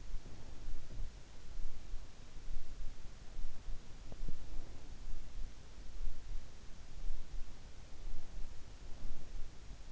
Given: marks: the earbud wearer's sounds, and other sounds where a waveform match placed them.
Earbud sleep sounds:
sounds in sleep by an in-ear microphone; breath
0.00-1.29 s: breath

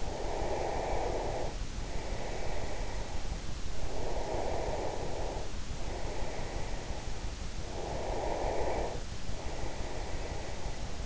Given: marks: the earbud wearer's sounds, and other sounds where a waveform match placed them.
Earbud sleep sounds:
sounds in sleep by an in-ear microphone; breath
0.00-3.49 s: breath
3.65-7.15 s: breath
7.65-11.06 s: breath

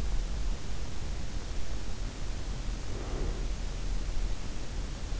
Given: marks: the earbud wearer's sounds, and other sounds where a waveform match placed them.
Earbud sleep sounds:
sounds in sleep by an in-ear microphone; breath
2.36-3.57 s: breath

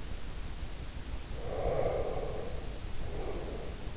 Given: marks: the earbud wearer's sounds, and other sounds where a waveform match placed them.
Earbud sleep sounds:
sounds in sleep by an in-ear microphone; breath
1.29-3.92 s: breath

